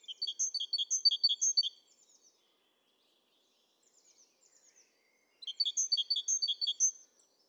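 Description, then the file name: Great tit song in two strophes of sharp, repeated high double notes, with faint thin notes in the gap. "Parus major"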